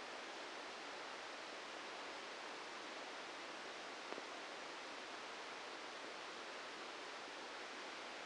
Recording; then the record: brain microelectrode recording played as sound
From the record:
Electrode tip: inside the subthalamic nucleus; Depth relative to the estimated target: 2 mm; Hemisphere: left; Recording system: NeuroSet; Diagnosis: Parkinson's disease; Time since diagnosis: 14 years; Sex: male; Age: 51 years